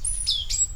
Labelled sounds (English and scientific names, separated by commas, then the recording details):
Stitchbird (Notiomystis cincta) song
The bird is a male
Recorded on Tiritiri Matangi Island, New Zealand, in 2005
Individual 19, of nest box 27